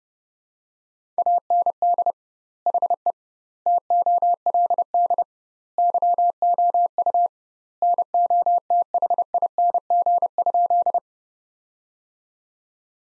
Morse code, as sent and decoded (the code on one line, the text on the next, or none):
.- -. -.. / .... . / - --- .-.. -.. / -.-- --- ..- / -. --- - .... .. -. --. ..--..
AND HE TOLD YOU NOTHING?